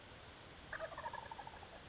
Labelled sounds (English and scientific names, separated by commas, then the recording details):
Wild Turkey (Meleagris gallopavo)
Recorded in Sonoma County, California